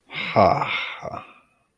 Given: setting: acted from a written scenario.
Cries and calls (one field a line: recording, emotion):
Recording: vocal sound without words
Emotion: serenity